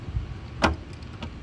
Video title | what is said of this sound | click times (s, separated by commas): 2015 - 2019 HONDA FIT/JAZZ - GK5 - How To Open A Stuck Rear Door / Trunk Hatch #HondaFit4Adventure | hear that deeper click there | 0.6 s